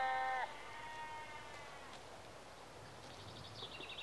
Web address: Sound Effects Library (Exterior Atmospheres-Rural Backg) Sheep Early Evening-Mid Close